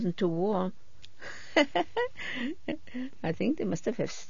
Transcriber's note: she laughs